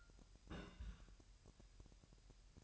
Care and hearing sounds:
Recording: daily activity, microphone in the room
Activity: place on stove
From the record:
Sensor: 2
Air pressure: 1001.8 hPa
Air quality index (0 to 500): 247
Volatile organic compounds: 36 ppm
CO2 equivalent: 3072 ppm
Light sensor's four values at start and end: 5/11/4/5 and 5/11/4/5

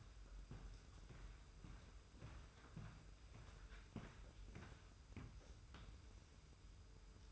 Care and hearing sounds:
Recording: daily activity, microphone in the room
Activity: walk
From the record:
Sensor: 2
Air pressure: 990.6 hPa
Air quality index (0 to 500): 176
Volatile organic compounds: 1000 ppm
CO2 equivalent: 5583 ppm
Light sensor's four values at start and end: 29/69/28/28 and 30/70/29/29

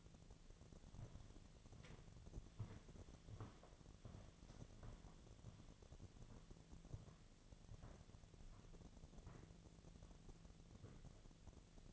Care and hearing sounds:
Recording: daily activity, microphone in the room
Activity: walk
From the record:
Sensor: 4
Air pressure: 1009.1 hPa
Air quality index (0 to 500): 167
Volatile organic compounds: 4 ppm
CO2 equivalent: 1682 ppm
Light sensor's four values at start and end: 24/76/29/28 and 24/76/29/28

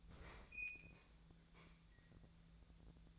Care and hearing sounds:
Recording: daily activity, microphone in the room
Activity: open fridge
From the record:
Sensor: 3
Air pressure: 1009.7 hPa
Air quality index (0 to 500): 192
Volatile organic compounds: 15 ppm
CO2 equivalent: 2494 ppm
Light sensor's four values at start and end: 38/94/40/43 and 38/94/40/43

